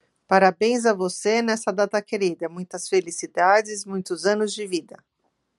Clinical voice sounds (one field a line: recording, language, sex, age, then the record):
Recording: short text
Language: Brazilian Portuguese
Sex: female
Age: 40 to 49 years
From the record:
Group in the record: control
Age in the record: 49 years